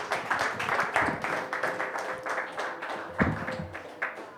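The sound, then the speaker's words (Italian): A crowd at a comedy night applauds the maestro present in the hall, a dense patter of many hands clapping at once that holds an even level for several seconds, with a faint tonal hum underneath. “Comunque, signori, io ci terrei a farvi fare un applauso al maestro che è presente in sala.”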